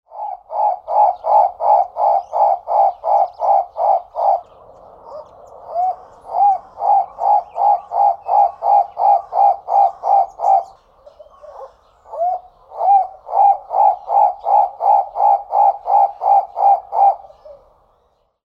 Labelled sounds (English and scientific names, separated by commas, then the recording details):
Guinea Turaco (Tauraco persa)
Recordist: Tembrock, Günter
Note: Rufreihen